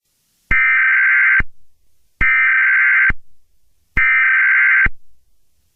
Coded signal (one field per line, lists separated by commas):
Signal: Emergency Alert System (SAME) tones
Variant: header bursts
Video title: EAS Scenario- The American Riots